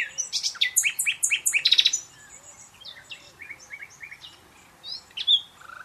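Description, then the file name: Common nightingale song: a run of loud, sharp repeated notes, followed by quieter, varied chirps and short whistles. "Luscinia megarhynchos"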